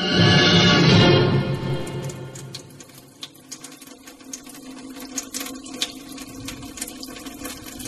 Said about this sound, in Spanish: Todas las mañanas, doña Micaela abría la canilla y la dejaba abierta.